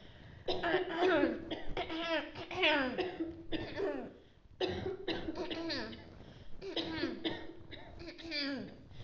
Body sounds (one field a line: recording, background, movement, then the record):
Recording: throat clearing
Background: a bystander coughing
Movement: sitting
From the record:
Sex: female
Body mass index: 18.3 kg/m2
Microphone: on the chest, facing outward